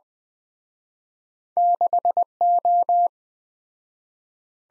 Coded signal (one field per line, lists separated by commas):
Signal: Morse code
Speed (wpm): 20 wpm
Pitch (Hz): 700 Hz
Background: none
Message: 6O